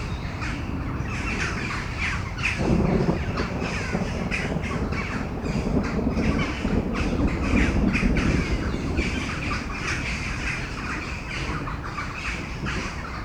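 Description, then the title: Crows cawing in a rough, overlapping chorus of harsh calls, over low background noise. Crows before a storm at Domaine de Tivoli, Mechelen, Belgium; Sony PCM-M10 internal microphones. "Domaine de Tivoli, Malines, Belgique, Belgium - Corneilles avant lorage - Crows before the storm"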